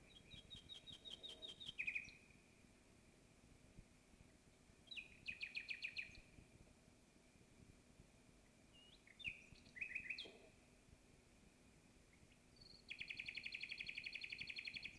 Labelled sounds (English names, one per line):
Common Nightingale song